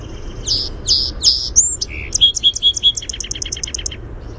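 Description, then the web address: Song sparrow singing three emphatic opening notes, a brief buzz, then a quick run of repeated chips ending in a fast high trill. "naturesounds SOSP-song"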